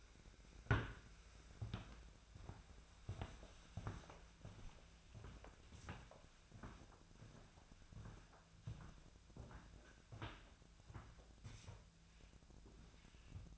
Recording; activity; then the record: daily activity, microphone in the room; walk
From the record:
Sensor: 2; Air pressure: 1008.2 hPa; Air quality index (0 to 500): 180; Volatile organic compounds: 10 ppm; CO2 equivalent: 2212 ppm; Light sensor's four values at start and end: 14/34/14/15 and 14/33/14/15